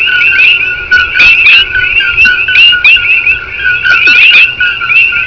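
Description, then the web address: Frogs calling in a dense chorus, many overlapping chirping and whistled notes, continuous throughout with a lower steady tone beneath. Invasive frogs in Hawaii, many frogs calling. "Alien Species In Hawaii species frogs"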